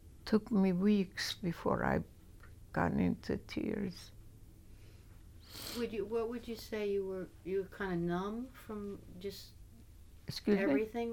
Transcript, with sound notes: Took me weeks before I got into tears. [sniffs]
Would you — what would you say you were — you were kind of numb from just everything?